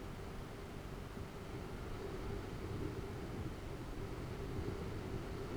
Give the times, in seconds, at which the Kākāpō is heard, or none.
none